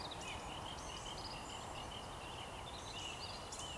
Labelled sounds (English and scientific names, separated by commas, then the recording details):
Eurasian Woodcock (Scolopax rusticola) whistle
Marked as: whistle, whistle
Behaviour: display flight
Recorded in Baden-Württemberg, Germany, on 14 June 2020 at 19:51 UTC
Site 43791, 788 m above sea level